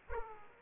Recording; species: mosquito wingbeat signal from an infrared sensor; Aedes aegypti